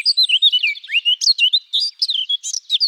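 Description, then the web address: Eurasian blackcap song: a fast, varied warble of high, twisting whistled notes and short sweeps, running continuously with brief pauses near the end. "Sylvia atricapilla"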